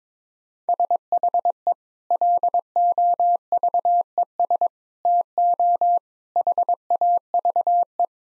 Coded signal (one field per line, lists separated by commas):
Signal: Morse code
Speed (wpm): 22 wpm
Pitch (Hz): 700 Hz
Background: none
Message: SHE LOVES TO HAVE